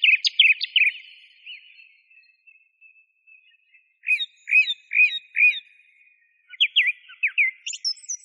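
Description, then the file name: Song thrush singing: a scratchy flurry, then a clear note repeated four times evenly, followed by a jumbled trill and high squeaks. Masteran recording, used for training songbirds. "suara masteran songthrush"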